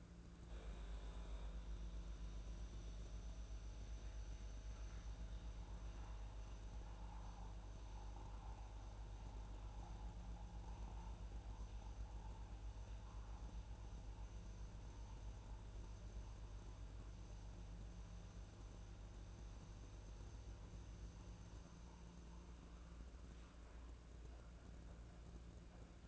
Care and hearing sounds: daily activity, microphone in the room; make coffee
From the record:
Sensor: 2

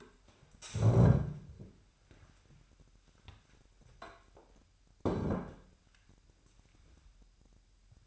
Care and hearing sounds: daily activity, microphone in the room; stand up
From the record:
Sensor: 2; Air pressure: 998.3 hPa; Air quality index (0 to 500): 129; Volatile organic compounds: 3 ppm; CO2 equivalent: 1458 ppm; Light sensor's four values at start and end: 8/18/7/8 and 6/14/6/6

